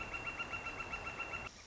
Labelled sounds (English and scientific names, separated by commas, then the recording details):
Northern Flicker (Colaptes auratus)
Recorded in Sonoma County, California